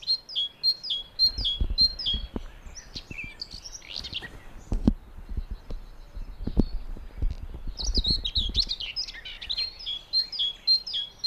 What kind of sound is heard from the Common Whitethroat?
song